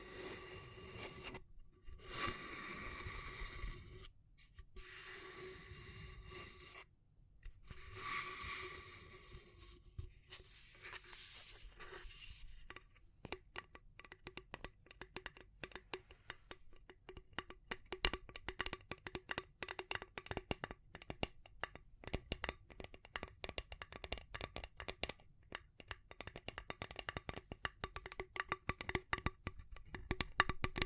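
Tapping and scratching: the first dozen seconds bring bursts of bright scratching separated by short silences, with a steady tone running underneath. After that come dense, irregular taps and clicks, many per second, continuing to the end with small surges in loudness.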